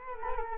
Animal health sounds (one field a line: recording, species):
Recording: mosquito wingbeat signal from an infrared sensor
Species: Culex quinquefasciatus